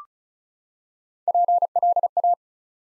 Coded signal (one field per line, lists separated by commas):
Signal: Morse code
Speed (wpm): 36 wpm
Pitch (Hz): 700 Hz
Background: none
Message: PLA